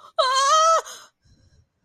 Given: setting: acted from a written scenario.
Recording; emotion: vocal sound without words; fear